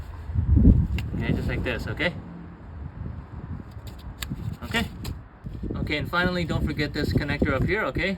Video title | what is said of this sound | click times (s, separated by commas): How to fix the VTEC SOLENOID GASKET OIL LEAK on a 2006-2011 8th Gen Honda Civic! | Just lock into place. Okay. | 1.0 s